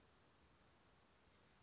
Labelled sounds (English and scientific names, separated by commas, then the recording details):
Western Flycatcher (Empidonax difficilis)
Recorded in Sonoma County, California